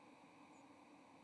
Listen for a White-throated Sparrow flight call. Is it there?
no